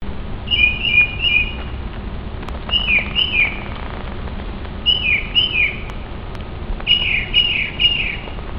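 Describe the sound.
Bird calls in short bursts of several clear, downslurred whistled notes, repeated every couple of seconds over low background noise.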